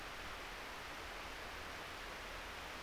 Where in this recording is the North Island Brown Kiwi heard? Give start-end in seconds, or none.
none